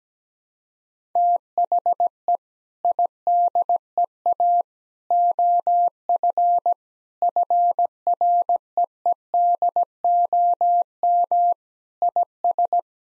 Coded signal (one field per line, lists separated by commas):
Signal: Morse code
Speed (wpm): 17 wpm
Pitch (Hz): 700 Hz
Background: none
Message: THE IDEA OF FREEDOM IS